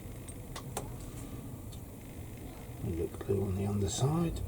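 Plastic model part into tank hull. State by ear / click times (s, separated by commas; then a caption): seated / 0.6 s, 0.8 s. An unpainted plastic part of a 1/16 scale Trumpeter Panther G tank model is pushed into its mounting in the hull and seats with two small, sharp clicks at 0.6 and 0.8 s, fitting because it is not yet painted. After that, someone talks.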